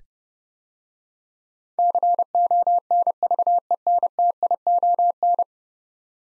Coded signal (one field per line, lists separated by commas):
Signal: Morse code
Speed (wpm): 30 wpm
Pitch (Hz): 700 Hz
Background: none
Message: CONVENTION